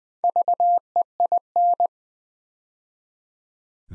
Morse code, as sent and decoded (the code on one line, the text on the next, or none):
...- . .. -.
VEIN